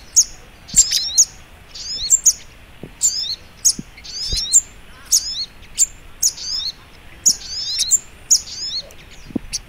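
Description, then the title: Little Spiderhunter song: high, sharp chirps and slurred notes in quick succession, with some faint low thumps beneath. Masteran (training) recording; song style called labaik. "Masteran Burung Sogok Ontong Labaik"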